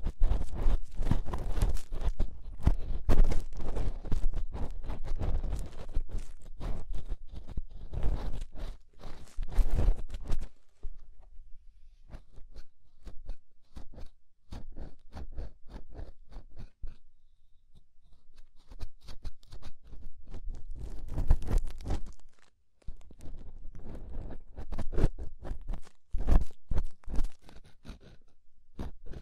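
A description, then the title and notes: Ear scraping, made of dense, irregular scratches and crackles that run thickly for the first ten seconds. A quieter, sparser stretch follows until about 20 seconds. Then the rubbing grows busy again, with sharp bright strokes near the end. Inner and Outer Ear Scraping (No Talking).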